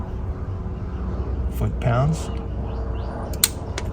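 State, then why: Torque reached. A torque wrench set to 11 ft-lb checks the tightness of a spark plug in the cylinder head of a 2010 Honda Accord. Someone talks over a low background hum, then the wrench gives a sharp click at 3.4 s, followed by a fainter tick. The plug is confirmed tightened to the 11 ft-lb setting.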